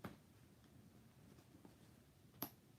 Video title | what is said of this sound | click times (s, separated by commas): Luxury Swap: Is Roberta Pieri Byside GT Tote Better than Goyard? LV Neverfull Upgrade? | and it just goes through, and it is, heard that snap? | 2.4 s